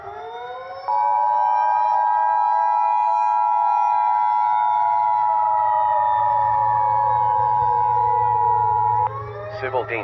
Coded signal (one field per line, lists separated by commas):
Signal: Emergency Alert System (SAME) tones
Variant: 853 and 960 Hz attention tone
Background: speech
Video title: EAS Scenario: The Texas Derecho Remastered